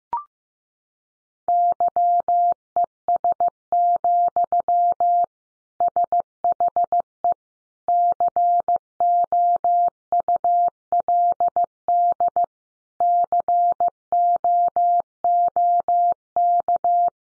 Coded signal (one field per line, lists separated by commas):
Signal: Morse code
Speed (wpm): 15 wpm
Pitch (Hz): 700 Hz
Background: none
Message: YES, SHE COULD COOK